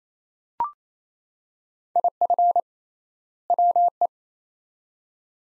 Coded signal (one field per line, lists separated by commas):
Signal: Morse code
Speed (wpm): 28 wpm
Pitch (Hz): 700 Hz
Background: none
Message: IF WE